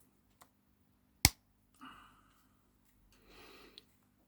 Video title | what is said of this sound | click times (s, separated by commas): fixing the Boot Lock Barrel on our Rover 75 | And that has now clicked back into its locating pins. | 1.2 s